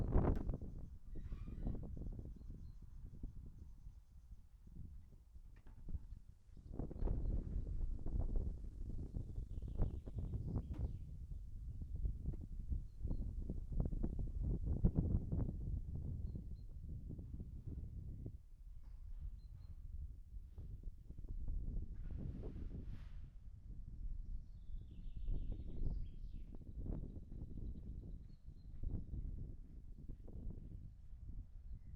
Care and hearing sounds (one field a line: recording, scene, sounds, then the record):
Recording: everyday scene through a hearing-aid microphone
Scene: wind on the microphone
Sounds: wind, other noises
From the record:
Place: in front of a rural house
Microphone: behind the ear, right, rear